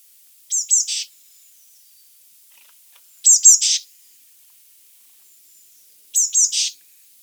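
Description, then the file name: Eurasian blue tit call: two thin high notes followed by a buzzy churr, repeated three times at roughly three-second intervals. "Cyanistes caeruleus"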